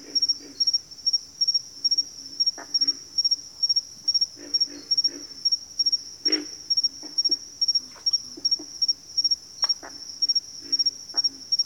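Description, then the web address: Pig frog calls: short hoarse grunts scattered irregularly beneath a constant shrill cricket chorus. "Natures Songs Sleep Sounds of Nature CRICKETS Pig Frogs"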